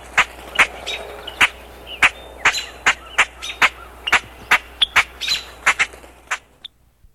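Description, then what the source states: Common grackle giving a rapid series of sharp, clipped chack notes, a couple each second, irregular and bunching toward the end before fading out. Marshbird survey training.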